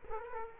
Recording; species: mosquito wingbeat signal from an infrared sensor; Culex quinquefasciatus